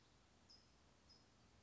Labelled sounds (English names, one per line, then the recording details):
California Towhee
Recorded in Sonoma County, California